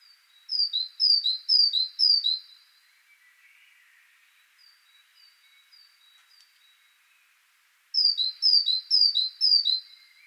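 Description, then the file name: Great tit song: a run of four bright two-note phrases, high then lower, repeated about twice a second, a quiet pause with faint notes, then another run. "Parus major"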